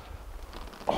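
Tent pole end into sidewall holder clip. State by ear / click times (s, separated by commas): seated / 0.9 s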